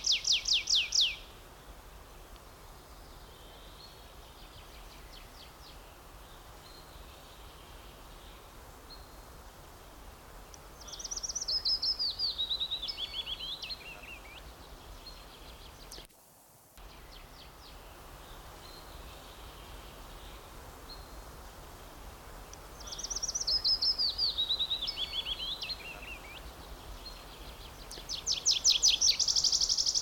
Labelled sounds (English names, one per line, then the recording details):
Willow Warbler
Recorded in the wild
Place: Mühlenbecker Wald, Brandenburg, DE
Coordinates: 52.69, 13.37
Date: 1992-06-27 13:15
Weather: sonnig, 22-26°C
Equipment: Marantz CP 430, Sennheiser ME 80, Kopie Tesla B 116
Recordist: Tembrock, Günter